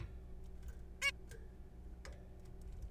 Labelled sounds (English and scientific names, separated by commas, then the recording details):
Zebra Finch (Taeniopygia guttata)
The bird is a juvenile
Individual R3428